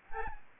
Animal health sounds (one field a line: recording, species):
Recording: mosquito wingbeat signal from an infrared sensor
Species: Aedes albopictus